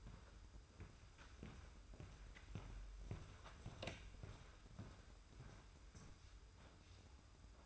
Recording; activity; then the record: daily activity, microphone in the room; walk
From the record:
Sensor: 2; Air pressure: 990.6 hPa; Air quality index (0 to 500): 179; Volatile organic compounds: 1000 ppm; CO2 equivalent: 5694 ppm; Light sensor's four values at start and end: 29/69/28/28 and 27/65/26/26